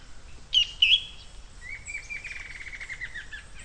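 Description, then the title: Bird song: two loud, bright chirps, then a fast buzzy trill that slowly falls in pitch, with soft high twittering behind. "LuckyPassaro Completos2Sama"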